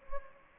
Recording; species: mosquito wingbeat signal from an infrared sensor; Anopheles gambiae